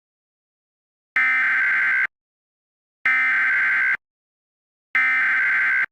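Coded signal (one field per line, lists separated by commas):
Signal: Emergency Alert System (SAME) tones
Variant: header bursts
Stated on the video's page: Fictional EAS scenario.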